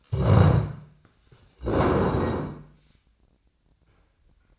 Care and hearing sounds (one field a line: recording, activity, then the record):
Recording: daily activity, microphone in the room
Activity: stand up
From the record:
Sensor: 2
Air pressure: 1012.1 hPa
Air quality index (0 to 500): 159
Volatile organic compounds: 2 ppm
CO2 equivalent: 1163 ppm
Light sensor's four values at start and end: 61/152/66/79 and 56/131/60/70